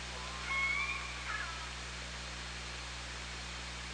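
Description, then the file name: Killer whale call: one drawn-out tonal whistle-like cry held level then slipping upward, a fainter lower tone beneath it, then steady underwater hiss. Recorded on the OrcaLab hydrophone at Parson Island, 24 August 2017, 17:31. "Orca Lab UTLN JASON 20170824 173110"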